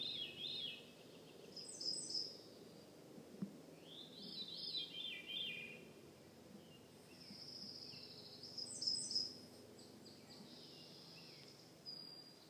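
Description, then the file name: Veery song: breezy, fluty phrases spiralling downward, given several times with pauses between them, over a low steady background hiss. Recorded in Juneau, Alaska, on 15 June 2014. "Veery Alaska Juneau Laurie Lamm"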